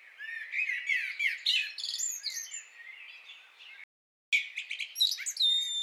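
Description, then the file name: Common blackbird warbling and twittering in a dense stream, broken by a sudden complete silence, then resuming with high squeaky notes. "Turdus merula"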